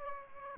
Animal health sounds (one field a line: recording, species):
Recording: mosquito wingbeat signal from an infrared sensor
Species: Aedes aegypti